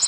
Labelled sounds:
Nashville Warbler (Leiothlypis ruficapilla) flight call

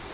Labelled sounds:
Grace's Warbler (Setophaga graciae) flight call

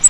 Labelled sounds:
Grace's Warbler (Setophaga graciae) flight call

